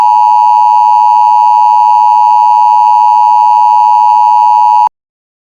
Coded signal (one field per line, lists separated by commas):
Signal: Emergency Alert System (SAME) tones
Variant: 853 and 960 Hz attention tone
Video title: EAS scenario- It Lurks In The Night